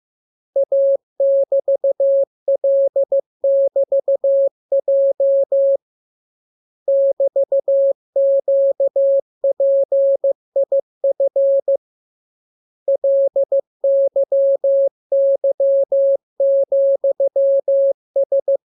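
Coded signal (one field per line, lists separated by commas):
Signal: Morse code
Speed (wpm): 15 wpm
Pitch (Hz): 550 Hz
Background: none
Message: A<BT>L<BT>J <BT>QPIF LYY,S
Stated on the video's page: Morse lesson 25 with the letters listed. Each radiogram starts with VVV and a section sign and ends with AR.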